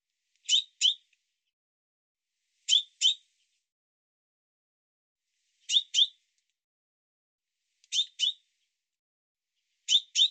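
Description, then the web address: Bird calling with bright, high double chirps, each pair separated by a few seconds of quiet, five pairs in all. "cianscape birddata Deverinetal Bird Fr Co"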